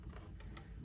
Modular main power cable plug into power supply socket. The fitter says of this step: So I'm just gonna squeeze it in there until it clicks. Ooh, there we go.